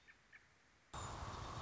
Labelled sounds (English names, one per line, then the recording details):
American Robin
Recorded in Sonoma County, California